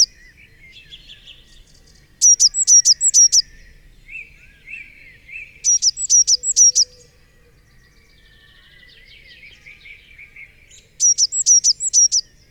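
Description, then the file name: Eurasian blue tit singing three high, bright phrases of several sharp, hooked notes, with softer lower chattering between phrases. "Cyanistes caeruleus"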